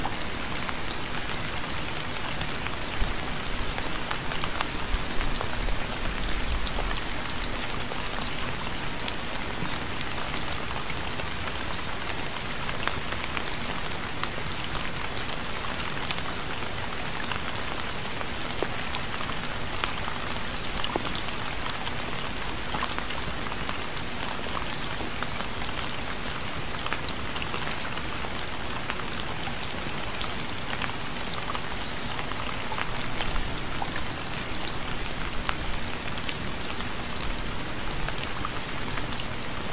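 Early autumn rain falls steadily throughout, a dense, even hiss with countless small drop taps scattered across it. A faint low hum runs constantly underneath, and a soft low rumble rises briefly around five to seven seconds.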